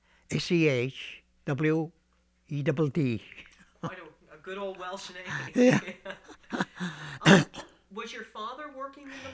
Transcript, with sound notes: -- A-C-H-W-E-D-D.
A good old Welsh name. ( they laugh ) Was your father working in the mines?